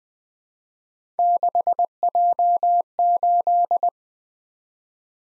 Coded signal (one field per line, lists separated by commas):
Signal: Morse code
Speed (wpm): 20 wpm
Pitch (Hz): 700 Hz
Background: none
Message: 6J8